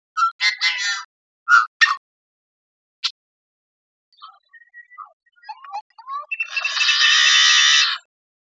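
Yellow-headed blackbird gives several short harsh clucks and a few scattered notes, then a long grating, buzzy rasping song lasting over a second.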